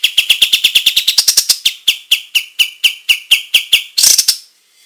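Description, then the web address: Olive-winged bulbul song: quick ringing chips that slow gradually, ending with a noisy rapid burst and then quiet. Singing gacor, energetically and in full voice. "kapas-tembak suara-burung-kapas-tembak-gacor"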